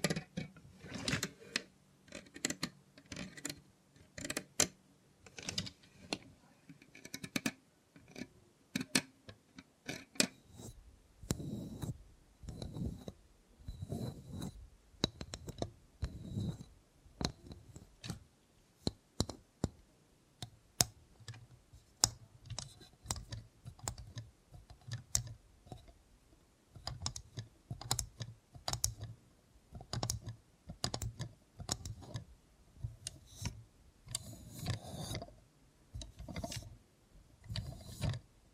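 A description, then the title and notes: ASMR with a robot hand: a dense, irregular run of sharp clicks and taps goes on for the whole clip, like fingers rattling on hard plastic. Softer low thumps and brushing sounds come in after about ten seconds, and there are brief bright mechanical ticks now and then. Try ASMR with a Robot Hand (No Talking).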